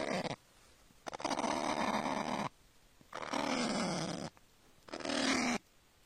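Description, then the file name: Kakapo giving harsh, rasping calls, lasting from about a third of a second to one and a half seconds, repeated four times with short silent gaps between them. "canto do kakapo"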